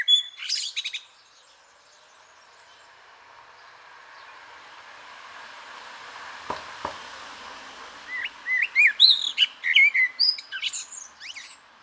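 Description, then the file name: Common blackbird singing: a short burst of high notes, a long quiet gap, then a run of rising and falling whistled notes ending in squeaky twittering. "Turdus merula"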